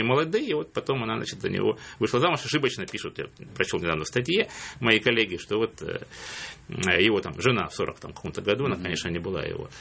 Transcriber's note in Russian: none